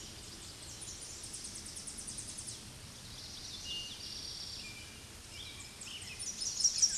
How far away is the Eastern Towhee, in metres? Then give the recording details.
about 25 m. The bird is about 5 m above the microphone. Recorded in a Pennsylvania forest on 16 May 2024 at 07:39. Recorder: AudioMoth, point MSD-1360. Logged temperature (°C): 14.8 °C. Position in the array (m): 181 m, 181 m